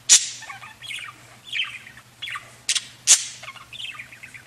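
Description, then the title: Budgerigar calls, a few sharp high squawks and softer chirps spread over a few seconds, with a low hum underneath. "Budgie Sounds"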